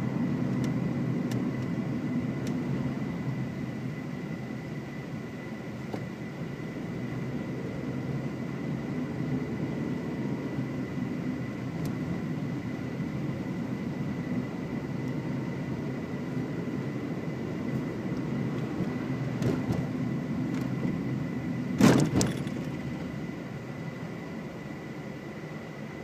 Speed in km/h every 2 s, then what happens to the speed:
36, 36, 15, 15, 20, 31, 29, 29, 35, 35, 34, 34, 0.
9-14 steady at about 29. 14-16 speeds up to 35. 16-23 brakes to 0. 23-26 standing.